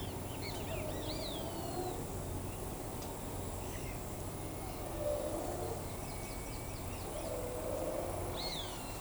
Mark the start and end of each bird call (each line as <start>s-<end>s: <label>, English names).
0.00s-1.95s: Great Kiskadee
8.38s-9.01s: Great Kiskadee